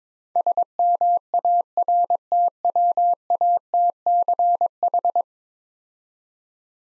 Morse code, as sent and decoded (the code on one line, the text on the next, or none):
... -- .- .-. - .-- .- - -.-. ....
SMARTWATCH